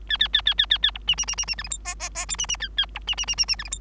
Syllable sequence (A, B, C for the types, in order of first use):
A A A A A A A B C C C C C D E F G G G H C C A A B C C C C C D E F